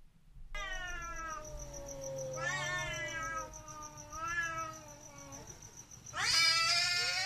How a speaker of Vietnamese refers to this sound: Mọi người đã gần như hết cách thì bỗng dưng, đúng lúc ấy, có tiếng con mèo nó kêu lên. Nhưng lần này không phải là tiếng con mèo kêu bình thường, mà tựa hồ như con mèo nó đang gào đánh nhau với ai vậy.